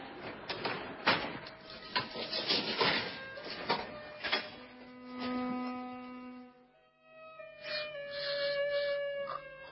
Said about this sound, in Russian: А вот и муж идет. Слышите стук лифта?